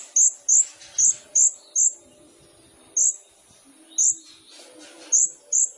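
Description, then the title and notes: Sunbird calls: isolated sharp, very high chips repeated at irregular intervals, with quiet gaps between groups. Indonesian masteran training recording for songbirds, with the bird singing actively (gacor) and full of isian and tembakan song phrases; meant as a lure (pancingan). "MASTERAN KOLIBRI NINJA FULL ISIAN DAN TEMBAKAN COCOK BUAT PANCINGAN. Suara Burung Kolibri Ninja Gacor"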